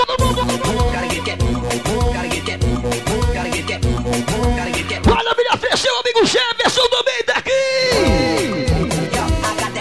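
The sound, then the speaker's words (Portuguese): At a live show of the Poderoso Rubi sound system at Arena Ducar in Capanema, loud, pulsing music with a heavy beat plays, then the crowd, called on to shout, erupts in shouting and whooping, the yells swelling for several seconds before the music takes over again. “E quem gosta de dinheiro dá um grito.”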